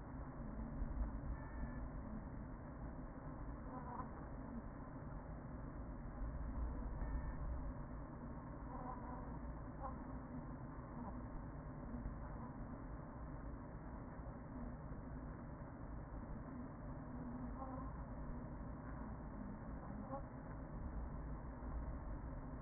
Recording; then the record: honeybee colony, microphone inside the hive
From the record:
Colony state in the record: queen present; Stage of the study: after two queens were removed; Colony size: about 40,000 bees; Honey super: no